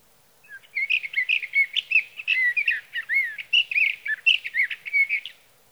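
Sage thrasher giving a long, rambling warble of quick slurred whistles and chatter.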